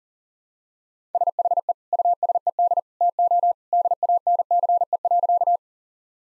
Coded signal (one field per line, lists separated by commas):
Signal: Morse code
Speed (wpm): 40 wpm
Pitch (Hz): 700 Hz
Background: none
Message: SHE USED TO DANCE.